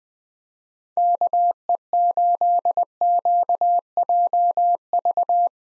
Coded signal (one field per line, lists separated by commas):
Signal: Morse code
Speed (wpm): 20 wpm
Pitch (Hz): 700 Hz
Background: none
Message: KE8QJV